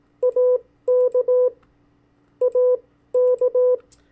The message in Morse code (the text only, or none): AK AK